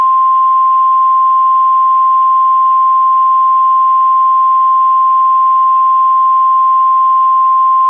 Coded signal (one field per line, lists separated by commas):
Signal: Emergency Alert System (SAME) tones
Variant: 1050 Hz attention tone